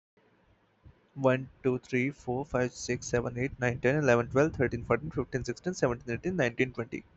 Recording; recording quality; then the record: counting at a fast pace; excellent, no background noise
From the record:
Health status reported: healthy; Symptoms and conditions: none ticked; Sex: male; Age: 23 years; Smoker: not ticked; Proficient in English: yes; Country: India